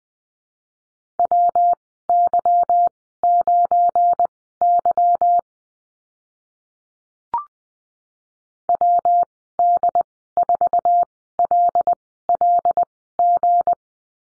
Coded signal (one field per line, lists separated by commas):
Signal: Morse code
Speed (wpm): 20 wpm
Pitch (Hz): 700 Hz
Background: none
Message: WY9Y WD4LLG